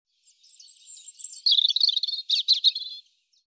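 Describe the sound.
European robin song: soft high notes building into a rapid, scratchy warble with quick trills, stopping abruptly after about three seconds.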